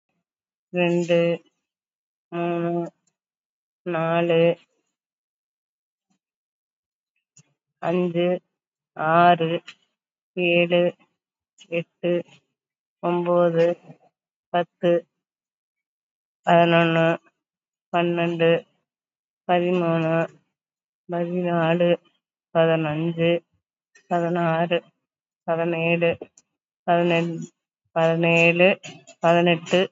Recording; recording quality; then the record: counting at a normal pace; excellent, no background noise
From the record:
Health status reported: COVID-19 positive, mild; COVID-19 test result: positive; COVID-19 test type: RT-PCR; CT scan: taken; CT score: 5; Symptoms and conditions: fatigue, muscle pain, hypertension, diabetes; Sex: female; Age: 65 years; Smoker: no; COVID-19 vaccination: one dose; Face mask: not worn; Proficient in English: yes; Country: India